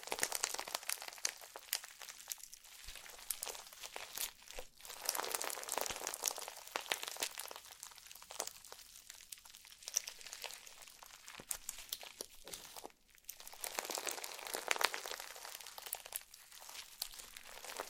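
Slime being squished and stretched makes dense, bright crinkling and crackling sounds in uneven bursts, briefly pausing around thirteen seconds before resuming.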